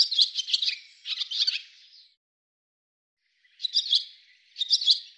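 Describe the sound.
Bird delivering two bursts of rapid high chirps, then a long silence, then two more short chirping bursts.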